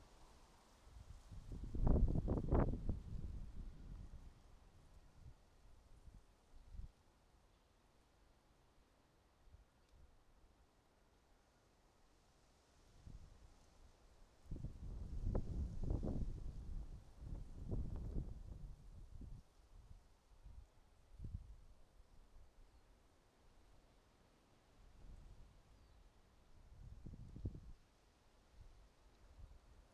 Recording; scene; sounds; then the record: everyday scene through a hearing-aid microphone; wind on the microphone; wind, traffic, siren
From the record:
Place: suburban garden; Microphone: in the ear canal, right